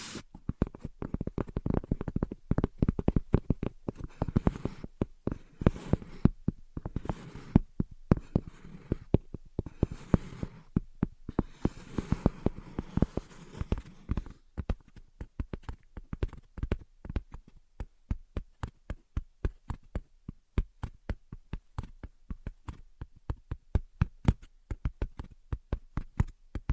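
Invisible tapping and scratching: a rapid, irregular stream of sharp taps runs through the whole clip, dense and clustered in the first half. Soft scratchy rustling fills the gaps until about fourteen seconds, after which the taps come sparser and drier, with near silence between them.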